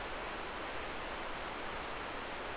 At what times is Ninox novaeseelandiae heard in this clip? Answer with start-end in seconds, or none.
none